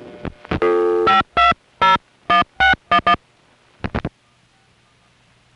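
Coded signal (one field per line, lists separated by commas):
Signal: DTMF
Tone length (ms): 140 ms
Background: music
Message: 5201611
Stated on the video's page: Recorded on the old telephone network at a #5 Crossbar exchange in Van Nuys.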